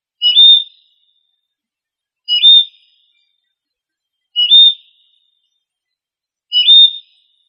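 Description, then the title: Bird song, a short bright whistled phrase with a quick twist, repeated four times about every two seconds in otherwise silent surroundings. "LuckyPassaros CompletosSama"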